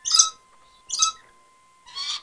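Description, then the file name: Red lory harsh calls: three loud, raspy screeches roughly a second apart, the last one broader and hoarser, over a faint steady electronic tone. "rotlori"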